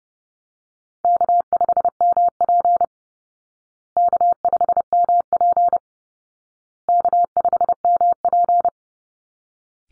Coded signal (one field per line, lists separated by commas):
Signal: Morse code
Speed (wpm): 30 wpm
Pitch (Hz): 700 Hz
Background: none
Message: K5MP K5MP K5MP